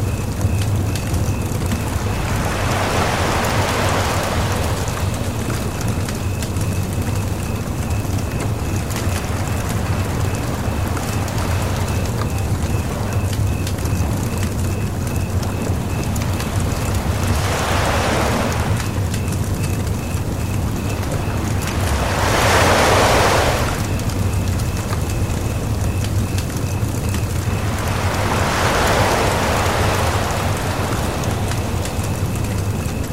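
Waves wash against the shore in soft surges every five to six seconds, each swelling and fading over a couple of seconds. Underneath runs a steady low rumble and a dense, fine crackle like a fire, while a thin, high cricket chirp pulses without a break.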